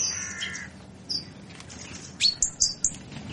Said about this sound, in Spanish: porque cuatro proyectos vecinales han germinado y el primero vamos a conocerlo con el sonido de las aves de Villaverde.